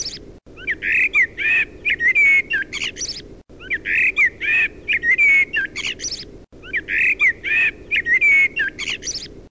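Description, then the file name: Common blackbird song: a mellow, fluting warble followed by a thin twittering flourish, the same phrase given three times, about every three seconds. "Merlo"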